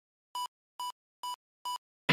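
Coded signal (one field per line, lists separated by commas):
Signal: none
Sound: phone beeps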